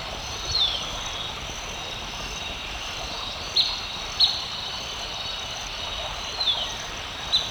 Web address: Natures Songs S America Birds of Ecuador Blackish Pewee